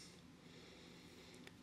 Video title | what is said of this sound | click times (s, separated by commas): Canik TP9 Elite SC [Field Strip]: Disassembly & Reassembly | drop it down and push back until you hear it lock into place. | 1.5 s